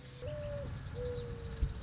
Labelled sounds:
Mourning Dove
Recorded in Sonoma County, California

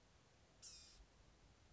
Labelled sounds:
Blue-gray Gnatcatcher
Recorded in Sonoma County, California

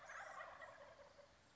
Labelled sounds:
Wild Turkey
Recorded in Sonoma County, California

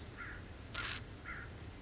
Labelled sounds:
American Crow
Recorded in Sonoma County, California

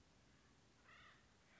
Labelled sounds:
Acorn Woodpecker
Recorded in Sonoma County, California

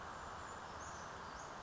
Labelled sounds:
Brown Creeper
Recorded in Sonoma County, California

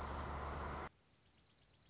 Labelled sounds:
Dark-eyed Junco
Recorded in Sonoma County, California

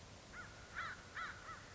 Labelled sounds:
American Crow
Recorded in Sonoma County, California

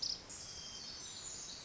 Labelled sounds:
Pacific Wren
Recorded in Sonoma County, California

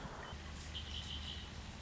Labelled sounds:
Red-winged Blackbird
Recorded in Sonoma County, California

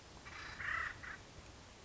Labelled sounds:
Acorn Woodpecker
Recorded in Sonoma County, California

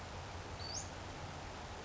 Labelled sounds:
Western Flycatcher
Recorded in Sonoma County, California

